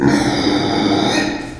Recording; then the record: squeal of a Yucatan mini pig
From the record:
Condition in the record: before surgery on the right vocal fold (resection and tissue-engineered implant); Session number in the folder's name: 1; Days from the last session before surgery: -21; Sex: female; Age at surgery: 19 weeks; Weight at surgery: 25 kg